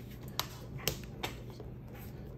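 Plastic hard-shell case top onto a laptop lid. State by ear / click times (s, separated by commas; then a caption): seated / 0.4 s, 0.9 s. A plastic Incase hard-shell top cover is slid onto a MacBook Pro laptop lid and pressed until its clips snap on, giving sharp clicks at 0.4 s and 0.9 s. A softer tick follows around 1.2 s against a low steady background. The top cover is snapped into place.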